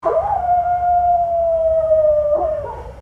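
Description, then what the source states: Dog howling: one long, steady, sustained tone lasting about two and a half seconds, sliding slightly downward before breaking off, over low background rumble. Dog howling at the moon.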